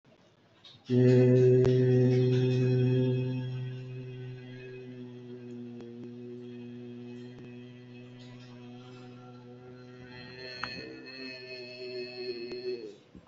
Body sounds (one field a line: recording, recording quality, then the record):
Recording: sustained vowel as in made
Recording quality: excellent, no background noise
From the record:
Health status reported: respiratory illness, not identified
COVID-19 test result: negative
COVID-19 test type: RT-PCR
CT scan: taken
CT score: 2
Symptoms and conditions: cold, breathing difficulty, chronic lung disease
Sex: male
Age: 63 years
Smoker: no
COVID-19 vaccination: one dose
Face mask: worn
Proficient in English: yes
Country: India